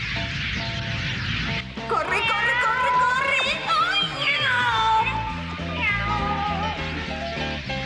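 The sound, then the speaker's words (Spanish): A cat in the cartoon Sailor Moon meows over and over in drawn-out, wavering cries that rise and fall in pitch, loud above a dense, steady background of other sound. “¡Ay, qué gato tan feo!”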